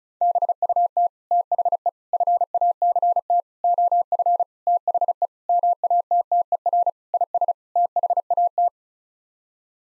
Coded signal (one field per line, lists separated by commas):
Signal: Morse code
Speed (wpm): 34 wpm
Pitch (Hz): 700 Hz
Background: none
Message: BUT THE FACT OF THE MATTER IS THAT